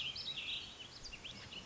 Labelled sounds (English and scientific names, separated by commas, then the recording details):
Warbling Vireo (Vireo gilvus)
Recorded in Sonoma County, California